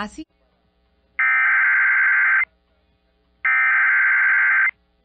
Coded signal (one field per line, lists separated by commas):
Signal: Emergency Alert System (SAME) tones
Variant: header bursts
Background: speech